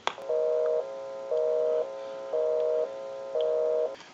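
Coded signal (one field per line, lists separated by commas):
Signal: telephone call progress tone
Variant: North America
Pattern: busy tone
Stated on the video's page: Heard on a desk-top payphone during checkout and repair conversion.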